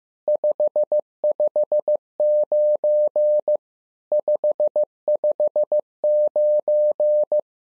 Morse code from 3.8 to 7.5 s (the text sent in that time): 559